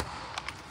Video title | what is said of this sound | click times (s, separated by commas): Tesla Model 3 installazione volante YOKE | spingete sentite fare anche dei clac ma è normale perché questi quattro cosini qua ne abbiamo degli altri qui | 0.4 s, 0.5 s